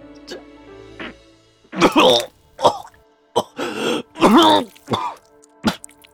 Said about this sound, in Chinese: 玉矮剧烈咳嗽起来，血也流得更加汹涌。